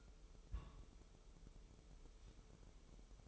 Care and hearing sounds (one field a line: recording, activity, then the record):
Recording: daily activity, microphone in the room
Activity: place on stove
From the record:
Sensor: 1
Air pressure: 988.3 hPa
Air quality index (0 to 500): 202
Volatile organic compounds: 1000 ppm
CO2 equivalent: 5408 ppm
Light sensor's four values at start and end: 26/97/37/39 and 26/97/37/39